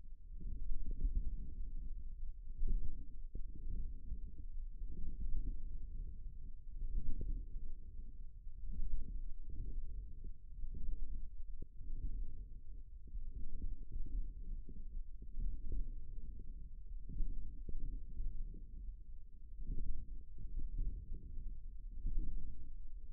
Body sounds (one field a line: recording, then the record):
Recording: forearm muscle sounds (acoustic myography)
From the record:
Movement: forearm supination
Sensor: system 1, eight BSWA MPA416 microphones around the upper forearm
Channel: 8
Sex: male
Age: 54 years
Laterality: right